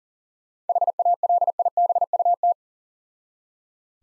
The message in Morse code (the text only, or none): HALIBUT